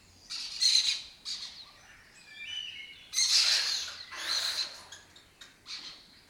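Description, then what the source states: Lesser kestrel calls: scratchy, rasping bursts in uneven bouts, with a few thin whistled notes between them. Colony of migratory lesser kestrels breeding in an abandoned building complex in Doñana, southern Europe; they forage in West Africa.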